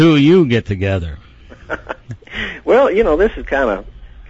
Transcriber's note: laughing